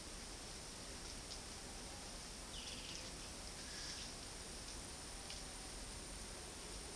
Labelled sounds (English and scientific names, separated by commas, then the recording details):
none
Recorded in dense forest near Puerto Asís, Putumayo, Colombia, on 21 February 2024 at 10:30
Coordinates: 0.481, -76.318
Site G6421